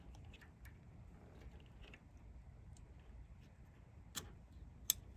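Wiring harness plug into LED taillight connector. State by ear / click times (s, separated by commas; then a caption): seated / 4.9 s. A wiring harness plug is pushed into the connector of a smoked American Modified LED taillight with bulb for a 2009–2014 Ford F150. After a low background hiss and a smaller tick near 4.2 s, a sharp click sounds at 4.9 s as the plug latches. The plug is seated and good, as that click confirms.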